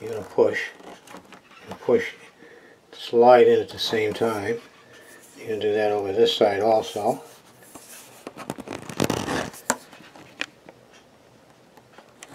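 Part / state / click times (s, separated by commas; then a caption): side handle into a toilet seat elevator frame / not seated / none. A side handle is pushed and slid into the bracket of a plastic toilet seat elevator frame while someone talks, with rubbing and scraping sounds and a few sharp taps near 9.0 to 10.4 seconds. Nothing has seated or clicked yet; the handle is not yet home.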